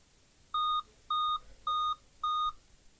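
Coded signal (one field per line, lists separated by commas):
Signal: beep code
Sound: four short, evenly spaced electronic beeps at one steady mid pitch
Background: quiet room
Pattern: 4 short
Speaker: a dedicated graphic tee for babes memory read write failure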